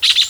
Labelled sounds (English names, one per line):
Brown-throated Parakeet contact call